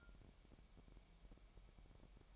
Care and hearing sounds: daily activity, microphone in the room; take from stove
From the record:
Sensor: 1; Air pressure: 1012.1 hPa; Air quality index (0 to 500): 223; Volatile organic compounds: 5 ppm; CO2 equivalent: 1782 ppm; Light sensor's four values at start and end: 71/168/71/75 and 71/169/72/75

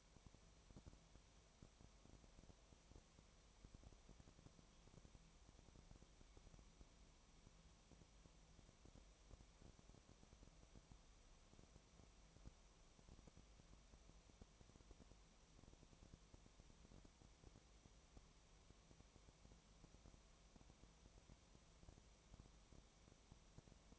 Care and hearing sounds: daily activity, microphone in the room; no activity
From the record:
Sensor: 1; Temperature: 19.4 degrees Celsius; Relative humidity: 35.7%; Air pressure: 1003.3 hPa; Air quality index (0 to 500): 113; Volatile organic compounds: 2 ppm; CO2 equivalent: 1258 ppm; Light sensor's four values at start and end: 1/2/1/1 and 1/2/1/1

